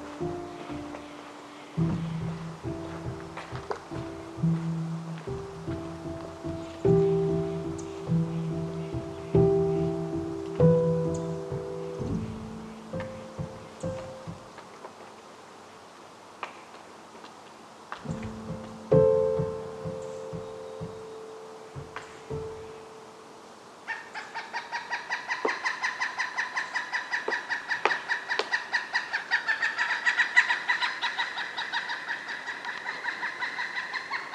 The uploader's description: Upper Macleay section of Forest Park, Portland, Oregon